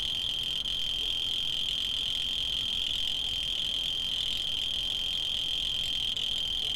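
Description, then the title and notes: Cricket trilling in one steady, unbroken high-pitched ringing tone that holds throughout, over faint low background hiss. Field recordings made in Tavira, Tangier, Lima and Bhubaneswar. "ACA - Grabaciones de campo. Grillo 2. grabaciones hechas en tavira, tangier, lima, bhubanshwar"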